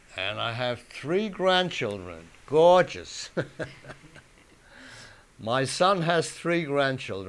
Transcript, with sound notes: And I have three grandchildren, gorgeous. ( they laugh ) My son has three grandchildren.